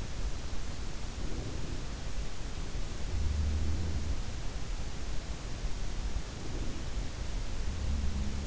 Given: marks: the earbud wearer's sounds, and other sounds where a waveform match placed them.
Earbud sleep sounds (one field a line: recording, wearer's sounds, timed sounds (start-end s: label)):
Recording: sounds in sleep by an in-ear microphone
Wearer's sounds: breath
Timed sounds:
0.97-2.08 s: breath
2.97-4.31 s: sound from someone else or the room
3.38-4.31 s: breath
6.08-7.12 s: breath